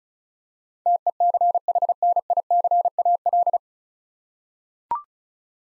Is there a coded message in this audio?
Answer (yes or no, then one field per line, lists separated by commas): yes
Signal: Morse code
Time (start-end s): 0.9-3.6 s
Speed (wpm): 36 wpm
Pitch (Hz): 700 Hz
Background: none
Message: TECHNICAL